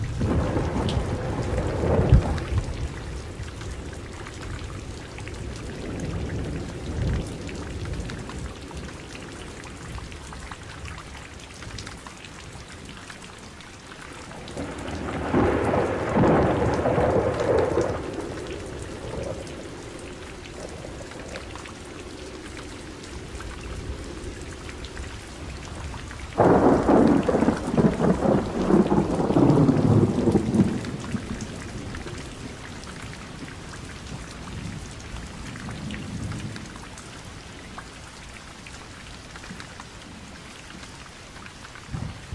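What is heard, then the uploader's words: A forest thunderstorm with a steady wash of rain pattering on surfaces throughout. Deep rolls of thunder swell around fifteen seconds and again more strongly near twenty-six seconds, each rumbling for a few seconds before fading back into the rain. NATURE FOREST THUNDER STORM.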